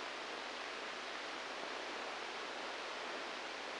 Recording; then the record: brain microelectrode recording played as sound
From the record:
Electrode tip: inside the subthalamic nucleus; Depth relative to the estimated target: 4 mm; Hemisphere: left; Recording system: NeuroSet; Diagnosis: Parkinson's disease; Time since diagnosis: 10 years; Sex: male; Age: 63 years